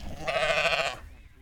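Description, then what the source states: Sheep bleat: a single wavering bleat of under a second, then quiet. Sheep at the 30th annual Sheepdog Trials and Dog Festival in Huntersville on Sunday, herded by dogs for prizes on a long grassy field.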